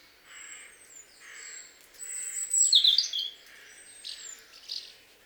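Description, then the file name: European robin song, soft high notes building to one brighter, quickly falling phrase in the middle, with faint thin whistles around it. "Erithacus rubecula"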